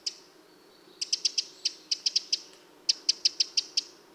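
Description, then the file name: Eurasian wren calling with crisp, dry ticks, a single click, a pause, then two quick runs of sharp clicks. "Troglodytes troglodytes"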